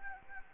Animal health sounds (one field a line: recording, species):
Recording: mosquito wingbeat signal from an infrared sensor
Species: Anopheles gambiae